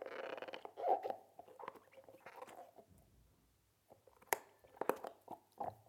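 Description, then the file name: Dog gnawing a rubber ball: rubbery chewing and clicking bites, a brief quiet pause midway, then sharper snapping bites. Dog gnawing on a rubber ball. "Hund nagt an Gummiball"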